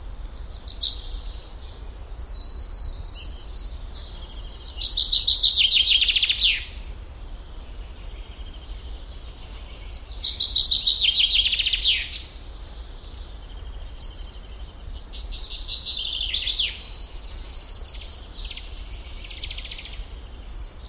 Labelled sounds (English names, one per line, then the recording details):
Common Chaffinch song
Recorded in the wild
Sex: male
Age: adult
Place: Schildow, NSG, Kalktuffgelände am Tegeler Fließ (NSG Schildow), Berlin, DE
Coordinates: 52.64, 13.39
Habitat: forest
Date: 1992-06-21 10:20
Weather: sunny, 22 °C, strengthening winds
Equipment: Marantz CP 430, Sennheiser ME 80, Kopie Tesla B 116
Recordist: Tembrock, Günter